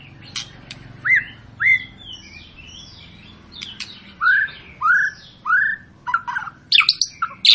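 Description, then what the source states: White-rumped shama song of separate rich upslurred whistles, ending in a jumble of sharp high notes over low background hum. Long lure song of an actively singing (gacor) bird, used to make birds sing.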